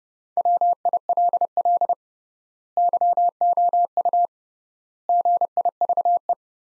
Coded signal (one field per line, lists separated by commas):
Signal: Morse code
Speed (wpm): 30 wpm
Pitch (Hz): 700 Hz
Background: none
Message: WILL YOU GIVE